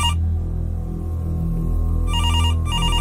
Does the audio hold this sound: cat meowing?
no